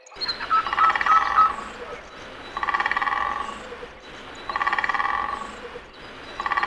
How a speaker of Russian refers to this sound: Сидя на сухой ветке, дятел быстрыми ударами клюва производит громкий звук. Этот звук мы с тобой сейчас и слышим.